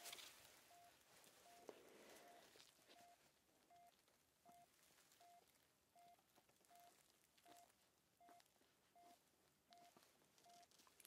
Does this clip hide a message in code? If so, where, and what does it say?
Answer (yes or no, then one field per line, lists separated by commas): no